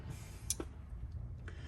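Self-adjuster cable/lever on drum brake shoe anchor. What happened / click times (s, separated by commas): The brake adjuster part clicked but did not fully seat / 0.5 s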